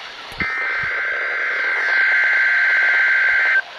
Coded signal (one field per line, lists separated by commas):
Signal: Emergency Alert System (SAME) tones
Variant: header bursts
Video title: MORE ALERTS FOR YA LADDIES!! EAS Alerts from 3/17/18 (EAS #827 - 844)